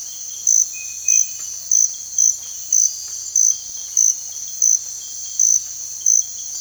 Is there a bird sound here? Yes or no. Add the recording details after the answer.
no. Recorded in dense forest near Puerto Asís, Putumayo, Colombia, on 16 December 2024 at 05:00. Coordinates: 0.468, -76.322. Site G071